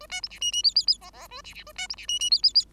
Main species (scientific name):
Lonchura striata domestica